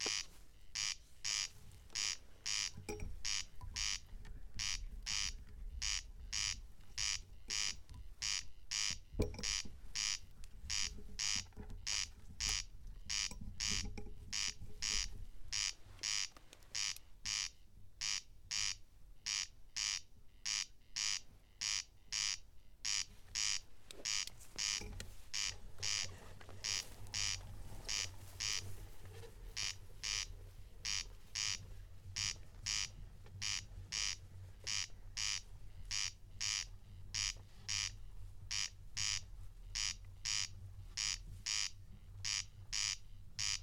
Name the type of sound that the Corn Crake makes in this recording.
song